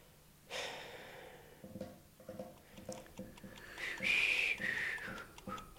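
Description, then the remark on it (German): Fingers drum in a steady, repeated tapping rhythm while a person whistles a short, high, wavering tune over it, after an audible breath at the start. No one speaks. “Ich darf Sie bitten, nicht mit den Fingern zu trommeln und nicht zu pfeifen.”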